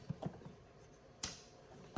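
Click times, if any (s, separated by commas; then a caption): 1.2 s. An intake fitting with a rubber O-ring lubricated with Silk Glide is pushed into its port on the plastic cold-air intake tube of an Audi B8/B8.5 S4 3.0T, during a CTS Turbo intake install. A few faint taps come first, then a single sharp click at 1.2 s as the fitting seats. It is confirmed locked in and won't come out.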